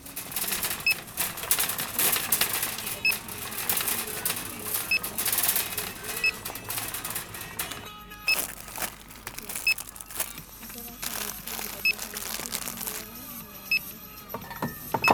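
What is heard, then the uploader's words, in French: A supermarket with a steady bed of voices and rustling, punctuated by short checkout beeps that repeat roughly every second or so. Crinkling packets and clattering bits come and go, with a brief drop in the busy noise around eight seconds. Immersion dans un supermarché rue de Montorgueil, avec ses bruits de cadis, de pièces, de paquets de chips, de bip bip.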